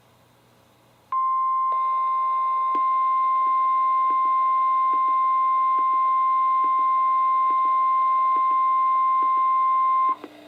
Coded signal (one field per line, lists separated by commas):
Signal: Emergency Alert System (SAME) tones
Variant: 1050 Hz attention tone